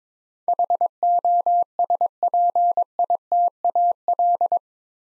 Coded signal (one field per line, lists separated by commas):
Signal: Morse code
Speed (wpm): 22 wpm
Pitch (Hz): 700 Hz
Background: none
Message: HOSPITAL